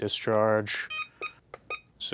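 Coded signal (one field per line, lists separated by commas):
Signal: none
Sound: charger button beeps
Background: speech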